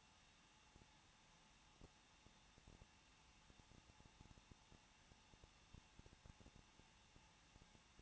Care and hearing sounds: daily activity, microphone in the room; no activity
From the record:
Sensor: 1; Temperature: 20.1 degrees Celsius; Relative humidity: 39.1%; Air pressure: 1006.4 hPa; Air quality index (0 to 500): 216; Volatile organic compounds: 73 ppm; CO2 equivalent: 3543 ppm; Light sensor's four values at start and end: 1/2/1/1 and 1/2/1/1

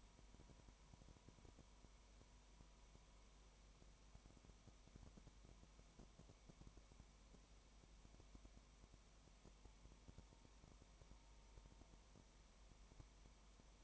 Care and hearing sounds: daily activity, microphone in the room; no activity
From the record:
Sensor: 1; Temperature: 19.0 degrees Celsius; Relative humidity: 34.1%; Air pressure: 1001.3 hPa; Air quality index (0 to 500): 82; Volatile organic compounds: 1 ppm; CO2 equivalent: 821 ppm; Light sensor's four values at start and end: 1/2/1/1 and 1/2/1/1

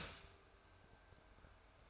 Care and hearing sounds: daily activity, microphone in the room; start toaster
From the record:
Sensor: 2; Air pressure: 1014.6 hPa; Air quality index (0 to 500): 202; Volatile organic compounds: 23 ppm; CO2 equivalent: 2772 ppm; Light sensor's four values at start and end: 3/9/3/3 and 3/9/3/3

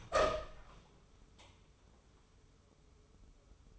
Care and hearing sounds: daily activity, microphone in the room; open door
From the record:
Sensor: 1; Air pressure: 1015.2 hPa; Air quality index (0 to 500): 174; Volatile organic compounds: 13 ppm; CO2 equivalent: 2420 ppm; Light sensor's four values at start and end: 14/33/14/15 and 14/33/14/15

